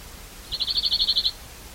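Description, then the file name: European greenfinch giving one short, even trill of about a dozen quick notes in a quiet setting. "Chloris chloris"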